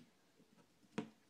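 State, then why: Seated. The plastic and diecast shovel arm of a Matchbox toy rail-road excavator is folded into its holder. A single sharp click sounds at 0.98 s, and the arm snaps into its stowed position, so it is held rather than left hanging.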